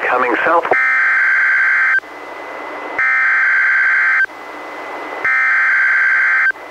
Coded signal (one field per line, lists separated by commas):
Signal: Emergency Alert System (SAME) tones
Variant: header bursts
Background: speech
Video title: EAS #478-487: NWR 9 Special Marine Warnings and 1 Tornado Warning- Mar. 19, 2021